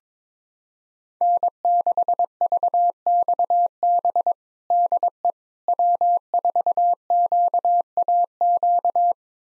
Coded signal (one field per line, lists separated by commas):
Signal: Morse code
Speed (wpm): 22 wpm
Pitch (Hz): 700 Hz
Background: none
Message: N6VXB DE W4QAQ